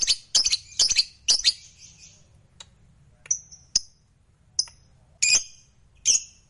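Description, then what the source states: Lovebird giving sharp, high chirps in irregular bursts, a quick cluster at the start then scattered single notes with short pauses between. Fighter-type lovebird, singing energetically (gacor).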